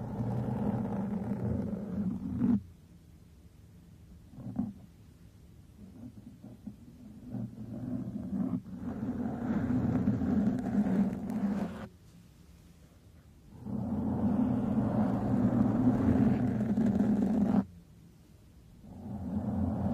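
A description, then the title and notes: Microphone brushing and scratching in repeated bursts, with deep rumbling rubs and a rough upper hiss during the strokes. Longer strokes run about 0–2.5, 8.5–12 and 13.5–17.5 seconds, separated by near-silent pauses with small light taps. MICROPHONE BRUSHING, SCRATHCHING & STROKING.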